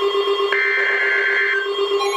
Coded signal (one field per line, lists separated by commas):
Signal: Emergency Alert System (SAME) tones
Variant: header bursts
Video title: Special Marine Warning (EAS #1,269)